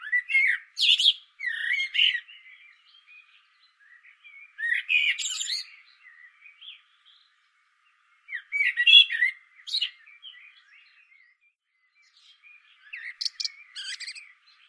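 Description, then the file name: Common blackbird song, four phrases about every four seconds, each a low fluted warble ending in a high, scratchy twitter. "Turdus merula"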